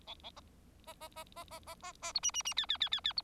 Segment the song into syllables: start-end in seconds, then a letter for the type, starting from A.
0.07-0.15 A, 0.23-0.30 A, 0.36-0.40 B, 0.87-0.93 B, 1.00-1.08 B, 1.16-1.24 B, 1.36-1.44 B, 1.50-1.59 B, 1.66-1.75 B, 1.82-1.92 B, 2.02-2.12 B, 2.14-2.20 C, 2.23-2.31 D, 2.34-2.42 D, 2.45-2.54 D, 2.57-2.66 E, 2.69-2.77 E, 2.80-2.89 E, 2.92-3.00 E, 3.04-3.13 E, 3.16-3.22 C